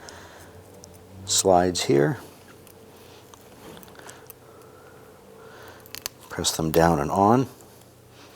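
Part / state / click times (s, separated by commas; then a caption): brake pad abutment clip into rear caliper bracket / not seated / none. A new metal brake pad slide (abutment) clip is pressed down into the rear caliper bracket of a 2006–2010 Honda Civic, while someone talks. Faint handling ticks and small scrapes are heard between the words. Nothing has seated or clicked yet, as the clip ends just before the part goes home.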